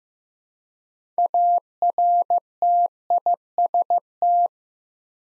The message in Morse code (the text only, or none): ARTIST